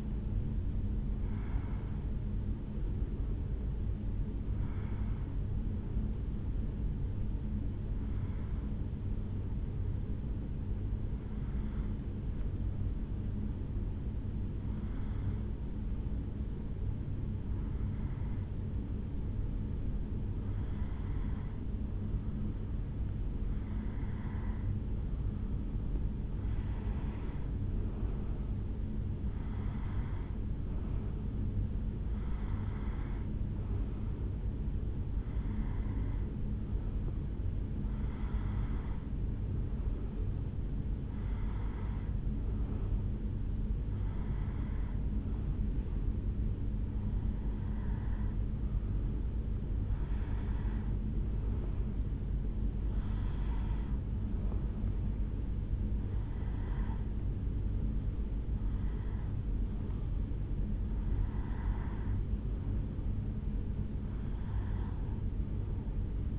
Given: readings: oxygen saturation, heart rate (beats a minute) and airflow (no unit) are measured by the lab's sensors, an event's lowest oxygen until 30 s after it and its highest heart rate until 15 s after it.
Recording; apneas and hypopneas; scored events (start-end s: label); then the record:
breathing in sleep by a smartphone at the bedside; 1
4.00-36.40 s: hypopnea (N1, oxygen 93% highest, then 91% lowest, heart rate 70 at the start, 73 highest)
From the record:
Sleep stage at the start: N1 (lightest sleep); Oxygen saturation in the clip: 91 to 93%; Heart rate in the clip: 68 to 73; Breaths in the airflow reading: 21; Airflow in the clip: -2.7 to 2.3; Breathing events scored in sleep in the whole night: 449 in 7.0 hours asleep